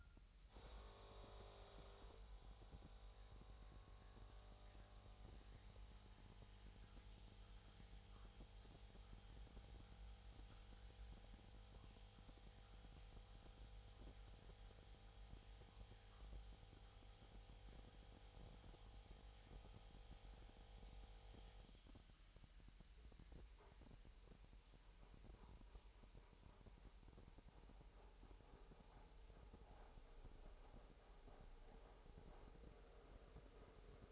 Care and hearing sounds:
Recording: daily activity, microphone in the room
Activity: make coffee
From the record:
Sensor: 3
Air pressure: 1001.9 hPa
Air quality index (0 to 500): 248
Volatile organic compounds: 52 ppm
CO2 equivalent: 3327 ppm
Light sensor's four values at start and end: 12/36/16/13 and 12/36/15/13

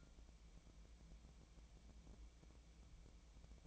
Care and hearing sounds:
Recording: daily activity, microphone in the room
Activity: take from stove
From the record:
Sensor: 1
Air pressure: 1000.0 hPa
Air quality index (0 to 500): 132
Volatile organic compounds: 2 ppm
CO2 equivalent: 1253 ppm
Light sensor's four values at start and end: 36/90/38/47 and 36/90/38/47

